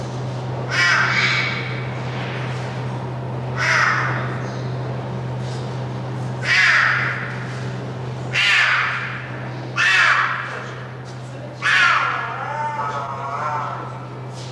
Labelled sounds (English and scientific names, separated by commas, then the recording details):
Clouded Leopard (Neofelis nebulosa)
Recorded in captivity
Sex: female
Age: adult
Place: Tierpark Berlin, Berlin, DE
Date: 1982-12-24 11:00
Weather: bedeckt, -2°C
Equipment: Nagra SN, Sennheiser MKH 416 T, Kopie Uher 4200
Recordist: Tembrock, Günter